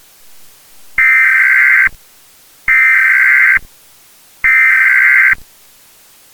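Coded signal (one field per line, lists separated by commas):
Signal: Emergency Alert System (SAME) tones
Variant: header bursts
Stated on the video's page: Fan-made fictional EAS scenario, made as a birthday collaboration piece.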